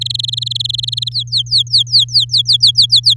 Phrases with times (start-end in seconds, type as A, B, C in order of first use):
0.01-1.09 A, 1.11-3.14 B